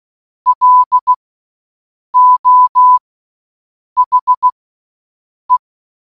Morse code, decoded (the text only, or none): LO HE